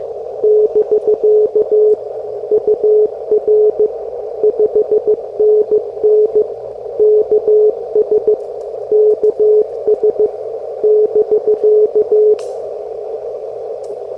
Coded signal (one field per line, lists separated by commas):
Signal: Morse code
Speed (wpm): 15 wpm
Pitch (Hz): 430 Hz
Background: none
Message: <BK> UR 5NN KS KS <BK>